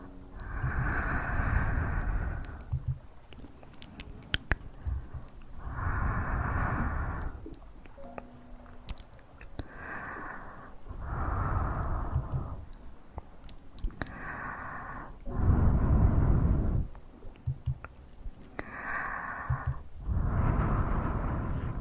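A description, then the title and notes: Mouth sounds swell in soft, breathy bursts about every two and a half seconds, with scattered sharp clicks and taps between them. Tapping & Hand SoundsMovements, Mouth Sounds.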